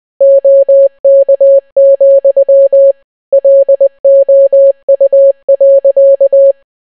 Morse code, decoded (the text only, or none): OK, LOU.